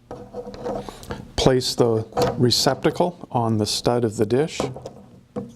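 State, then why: Not seated. The handle's quick-connect receptacle of a Klover MiK 26 parabolic microphone is placed onto the mounting stud of the parabolic dish while someone talks. A few light handling knocks are heard near the start. The part has not snapped or seated yet.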